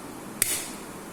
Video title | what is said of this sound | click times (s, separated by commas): 22 May 2025 | click பண்ணிங்கன்னா அப்படி sound வரும். | 0.4 s